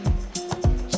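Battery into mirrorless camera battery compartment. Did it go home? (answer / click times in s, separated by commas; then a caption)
no / none. A rechargeable battery is being pushed into the battery compartment of a Sony ZV-E10 mirrorless camera while music plays underneath, with brief handling sounds around 0.4 s and 0.9 s. The clip ends just before the battery goes home, so nothing has seated or clicked yet.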